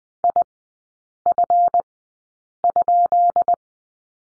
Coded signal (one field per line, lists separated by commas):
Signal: Morse code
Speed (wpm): 20 wpm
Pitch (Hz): 700 Hz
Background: none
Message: IF?